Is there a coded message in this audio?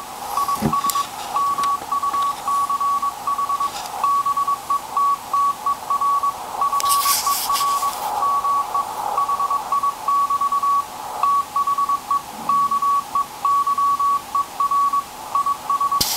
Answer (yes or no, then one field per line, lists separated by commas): yes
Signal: Morse code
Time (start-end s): 0.4-16.0 s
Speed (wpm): 22 wpm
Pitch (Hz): 1130 Hz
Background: none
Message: IS MUCH BETTER FER ME HI<BT> THE KEYER IS